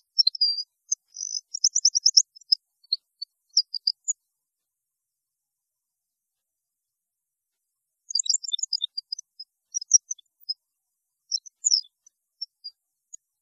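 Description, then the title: European goldfinch song with a rapid buzzy twittering burst at the start, silence, then another stretch of high tinkling chirps and trills. "Chant Chardonneret"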